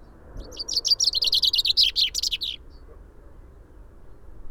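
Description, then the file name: Common chaffinch song: a single rapid, cascading phrase of bright chipping notes speeding into a terminal flourish, then quiet with faint low rumble. "Fringilla coelebs"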